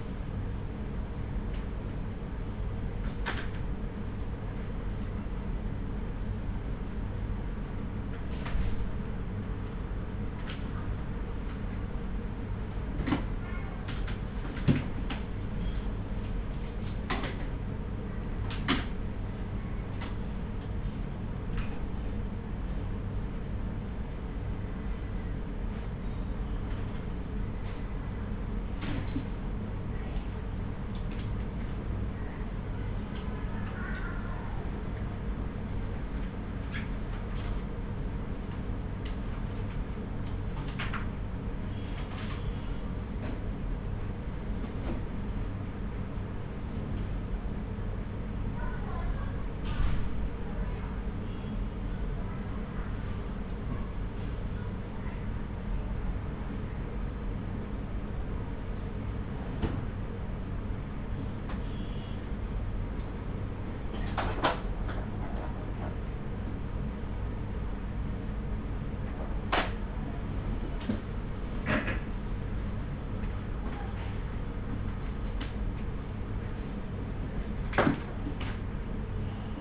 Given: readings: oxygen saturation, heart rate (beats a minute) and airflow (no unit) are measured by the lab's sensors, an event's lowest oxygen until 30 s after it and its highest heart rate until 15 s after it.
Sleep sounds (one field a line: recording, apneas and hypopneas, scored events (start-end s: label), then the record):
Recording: a person awake in a sleep study, by a smartphone at the bedside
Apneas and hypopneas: none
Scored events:
0.00-79.61 s: awake
0.00-79.61 s: awake
From the record:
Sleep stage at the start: awake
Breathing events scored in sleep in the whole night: 210 in 6.9 hours asleep